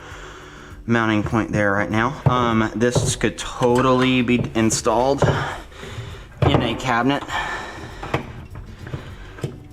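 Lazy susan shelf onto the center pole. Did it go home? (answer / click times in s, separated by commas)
yes / 8.1 s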